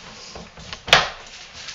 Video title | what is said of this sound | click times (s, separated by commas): How To Felt in the Wonder Washer | and I kind of just it doesn't snap in but you can you can feel when it's in there right | 0.9 s